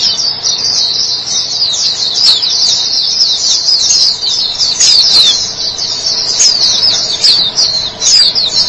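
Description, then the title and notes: White-eye song: thin, high, tumbling chirps in a steady rapid flow, occasionally rising to brighter accented notes. "Suara kicauan burung pleci"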